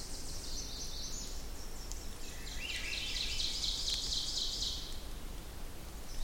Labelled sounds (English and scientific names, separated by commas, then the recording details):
Ovenbird (Seiurus aurocapilla) song
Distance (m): 70 m
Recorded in boreal forest in Alberta, Canada, on 26 May 2016 at 08:02
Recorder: SongMeter 3, array SBT-3-15
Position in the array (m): 58 m, 140 m
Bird 20